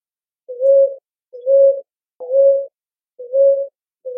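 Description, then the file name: Ruddy ground dove repeating low, soft coos, each about half a second long, in a steady rhythm against silence. "Rolinha roxa"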